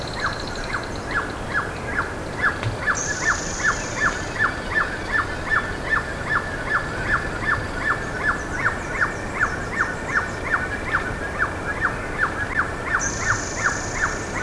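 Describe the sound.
Bird giving a long series of short, evenly spaced downward notes, roughly two to three per second, with a few faint high whistles in the background.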